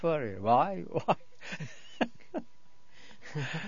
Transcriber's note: he laughs